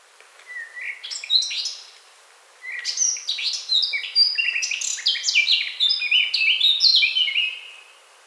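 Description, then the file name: Eurasian blackcap song: a rising opening phrase, a pause, then a long run of fast, varied warbled phrases, bright and chattering. "Sylvia atricapilla"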